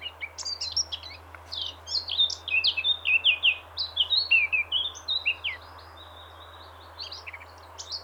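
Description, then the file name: Eurasian blackcap song, a rich run of quick warbled notes with sliding whistles, continuing for several seconds before fading into a few scattered later notes. "Sylvia atricapilla"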